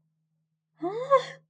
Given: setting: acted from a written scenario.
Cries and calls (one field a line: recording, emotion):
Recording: vocal sound without words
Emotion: amusement